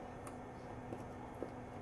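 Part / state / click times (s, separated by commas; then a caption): film septum into bag mag film holder slot / not seated / none. A film septum is pushed into the slot of a Graflex bag mag film holder but does not catch, so it is pulled back out to retry. Over a steady low background hum, only two faint brief taps are heard, near 0.3 s and 1.4 s. The septum has not clicked into the slot.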